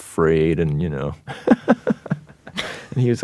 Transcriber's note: laughter